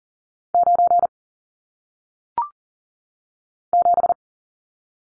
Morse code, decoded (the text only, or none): 9 7